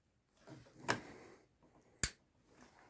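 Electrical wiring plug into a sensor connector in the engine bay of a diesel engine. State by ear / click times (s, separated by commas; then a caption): seated / 2.0 s. After the water pump is fitted, an electrical wiring plug is pushed back onto a sensor connector in the engine bay of a Euro 6 TDI diesel engine (Skoda, VW, SEAT). Faint handling rustle and a smaller tap at 0.9 s lead up to one sharp, loud click at 2.0 s. The plug is seated on the connector.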